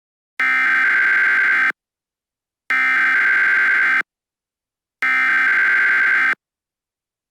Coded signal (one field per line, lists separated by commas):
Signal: Emergency Alert System (SAME) tones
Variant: header bursts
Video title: EAS Scenario #1 Horizon